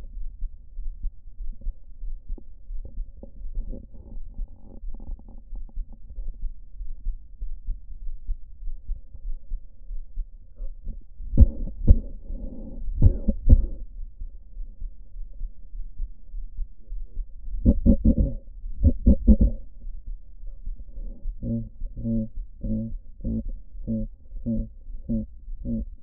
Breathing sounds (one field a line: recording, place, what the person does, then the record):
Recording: lung sounds by stethoscope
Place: right anterior apical chest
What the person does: quiet breathing, then cough and speech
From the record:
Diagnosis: none (healthy)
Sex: male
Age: 23 years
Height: 185 cm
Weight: 93 kg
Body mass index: 27.2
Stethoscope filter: diaphragm mode